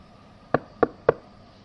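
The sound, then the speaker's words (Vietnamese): Three sharp knocks on the office door of Lê Cẩn, evenly spaced about a quarter second apart, crisp and fairly loud against a quiet background with no voices. “Cửa văn phòng của Lê Cẩn được gõ vang.”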